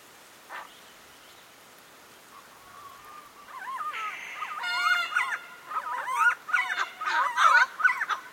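Helmeted friarbird calls start quietly then build into loud, harsh, looping and chattering notes over a background hiss.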